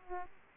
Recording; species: mosquito wingbeat signal from an infrared sensor; Aedes aegypti